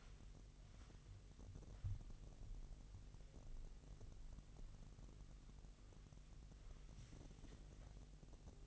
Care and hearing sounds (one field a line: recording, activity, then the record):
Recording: daily activity, microphone in the room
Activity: wipe stove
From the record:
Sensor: 4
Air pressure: 1001.8 hPa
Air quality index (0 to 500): 248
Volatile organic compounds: 41 ppm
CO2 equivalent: 3165 ppm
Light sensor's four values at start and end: 8/18/7/6 and 8/18/7/6